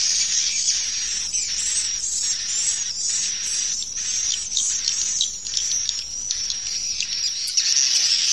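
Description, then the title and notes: Swiftlets chirping in a busy, high chatter with quick, rapid bursts of sharper notes throughout. Swiftlet farming, Asia. "Swiflet Bird Sound. Farming Swiflet Bird asia sound"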